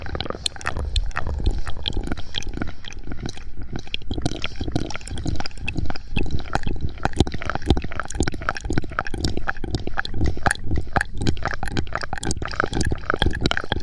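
ASMR mouth sounds and mic handling: a steady, dense stream of wet clicks, smacks and pops runs the whole way through. Low rubbing and thumping from gripping and pumping the mic sits underneath, with no pauses and no other sounds.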